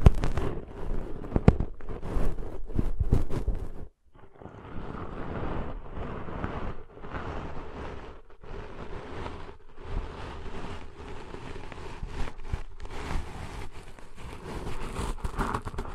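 Deep ear cleaning sounds: dense scratching and crackly rustling fill the clip. The first four seconds are loudest, with sharp clicks and pops, then a brief hush before a steadier, softer scraping resumes with frequent quick swipes until the end.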